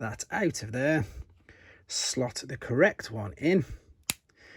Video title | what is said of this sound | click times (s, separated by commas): Transformers thrilling 30 skids review. G1 complete collection generations comparison box t30 legacy | you'll hear it click into place like so same on the other side | 4.1 s